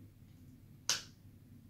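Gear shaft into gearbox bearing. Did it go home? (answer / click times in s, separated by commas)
yes / 0.9 s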